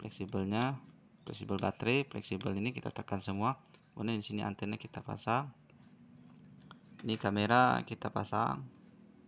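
During a Vivo Y1s phone repair, someone talks while pressing the camera module's flex cable connector onto its mainboard socket, with two faint ticks around 6.6 and 6.7 seconds. The clip ends before the part goes home, so the connector has not seated or clicked yet.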